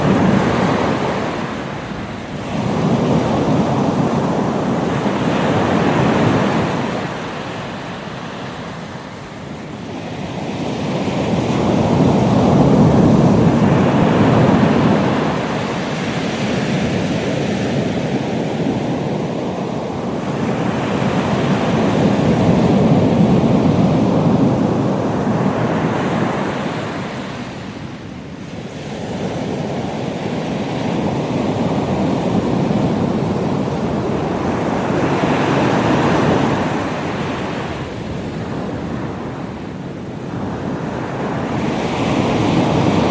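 Beach surf rolls in continuously, swelling into louder, full-bodied washes roughly every ten seconds before easing back. The sound is dense and weighted toward the low and middle range, with a steady hiss of wind across the microphone underneath.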